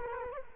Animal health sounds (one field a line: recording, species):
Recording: mosquito wingbeat signal from an infrared sensor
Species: Culex quinquefasciatus